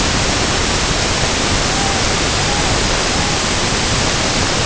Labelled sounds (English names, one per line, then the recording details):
Tundra Swan
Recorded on Arctic tundra, site UTQI-5, on 21 June 2018
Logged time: 06:00